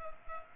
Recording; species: mosquito wingbeat signal from an infrared sensor; Culex pipiens